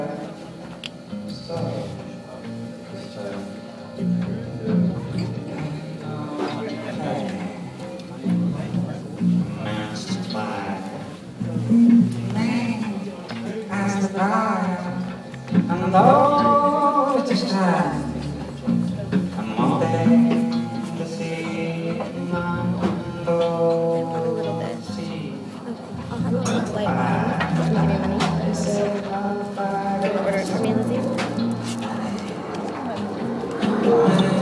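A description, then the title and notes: Sounds from a wedding, where people talk steadily throughout, with several voices overlapping in a busy room. Speech rises and falls in lively bursts, growing more animated around the middle and again near the end, over a constant low murmur of crowd noise. Sounds in Wedding by ejcoombe.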